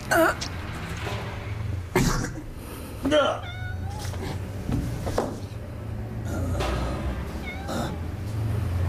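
cat meowing

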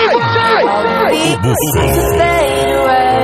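crowd shouting and cheering

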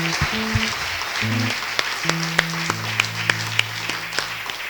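audience applauding

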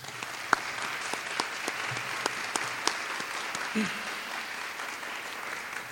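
audience applause

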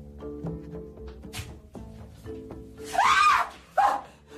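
woman screaming in fright

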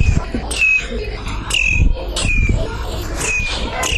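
birds singing

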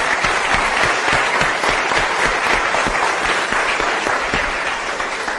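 audience applause

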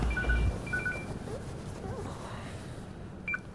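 telephone ringing

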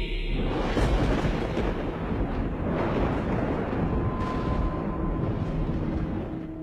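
rumbling thunder sound effect

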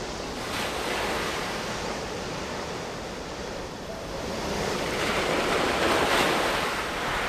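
ocean waves

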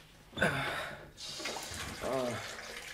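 water running

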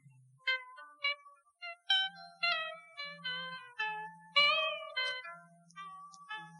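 cat meowing

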